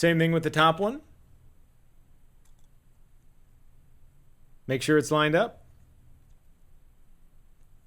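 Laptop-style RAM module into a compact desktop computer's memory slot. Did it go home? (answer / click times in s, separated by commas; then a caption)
no / none. Someone talks while lining up the top laptop-style RAM module with the key groove of a memory slot in a 2010 Mac Mini, before pushing it in. Between the talking there are only quiet, light handling sounds with a faint tick near 2.5 s. The module is not pushed in yet, and nothing has seated or clicked.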